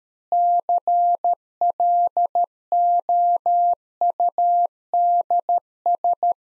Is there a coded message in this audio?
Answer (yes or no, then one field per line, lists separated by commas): yes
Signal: Morse code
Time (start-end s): 0.3-6.3 s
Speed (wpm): 13 wpm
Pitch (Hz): 700 Hz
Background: none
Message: CLOUDS